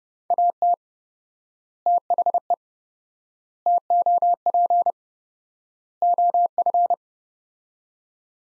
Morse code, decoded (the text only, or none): AT THE TOP OF